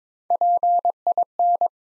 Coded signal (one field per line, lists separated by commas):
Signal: Morse code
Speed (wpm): 22 wpm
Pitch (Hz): 700 Hz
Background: none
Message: PIN